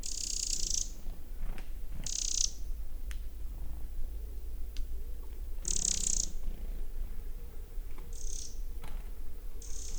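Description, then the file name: Eurasian wren giving short, dry, high-pitched rattling bursts of under a second, about five spread irregularly throughout, over a steady low rumble. "Troglodytes troglodytes"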